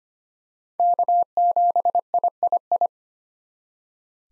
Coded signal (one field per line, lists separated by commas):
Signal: Morse code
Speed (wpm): 25 wpm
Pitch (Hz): 700 Hz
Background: none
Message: K7III